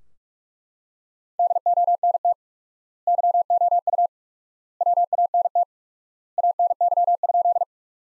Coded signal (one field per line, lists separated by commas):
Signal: Morse code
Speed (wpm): 43 wpm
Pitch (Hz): 700 Hz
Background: none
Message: DONT YOU WANT ANY?